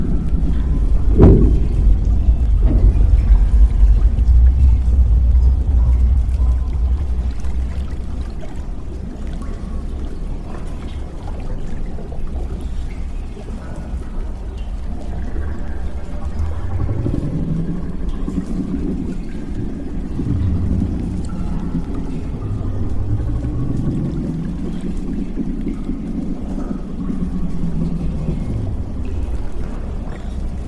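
A damaged underwater lab drones low, with a heavy rumble and knock early on, then slow groaning metal sweeps rising and falling after fifteen seconds.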